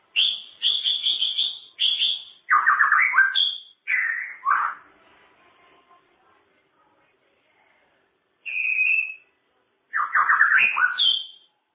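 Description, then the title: Bird song with varied bursts: rapid high chattering notes, then lower rattling trills and slurred whistles, a quiet pause, and more mixed phrases. Complete masteran bird song, a training song for cage birds. "Kicau Burung Masteran Lengkap"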